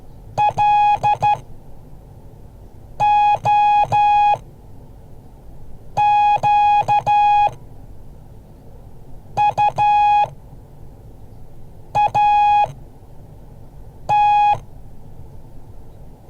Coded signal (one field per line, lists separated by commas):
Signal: Morse code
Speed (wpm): 12 wpm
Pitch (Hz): 830 Hz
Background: none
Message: LOQUAT